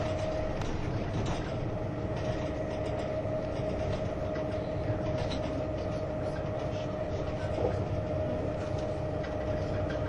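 A Swiss ICN tilting train runs along the Gotthard line, a steady low rumble with a sustained whine and occasional faint clicks throughout.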